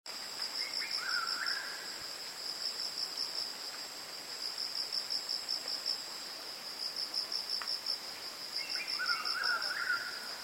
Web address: asian koel call